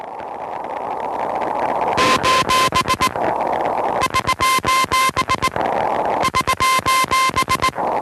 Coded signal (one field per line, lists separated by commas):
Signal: Morse code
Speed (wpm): 19 wpm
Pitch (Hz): 1040 Hz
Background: music, radio noise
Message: : <SOS> <SOS>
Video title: Morse Code vs The Widow Maker